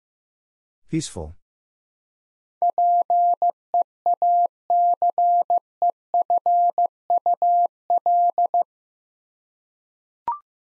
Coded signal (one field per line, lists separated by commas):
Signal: Morse code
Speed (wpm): 15 wpm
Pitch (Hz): 700 Hz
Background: none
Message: PEACEFUL